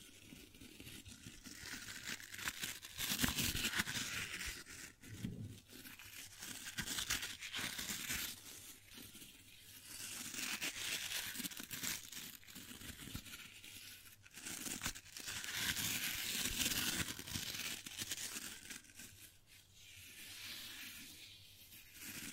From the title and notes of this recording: ASMR Gently Brushing Your Brain (No Talking).